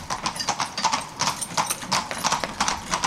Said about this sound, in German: Doch damals wie heute erwartet den Gast ein typisches Geräusch der Insel, das Pferdegetrappel.